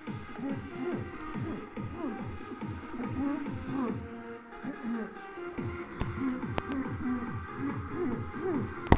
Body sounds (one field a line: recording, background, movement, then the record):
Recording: throat clearing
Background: music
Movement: sitting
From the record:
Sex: female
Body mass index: 21.8 kg/m2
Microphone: on the chest, facing the body